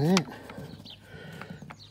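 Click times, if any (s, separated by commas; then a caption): 1.7 s. Someone talks briefly at the start as a plastic Whale Water Master mains water hose connector, its two release buttons squeezed, is pushed into a caravan's external water inlet socket. A sharp click at 1.7 s marks the connector seating in place.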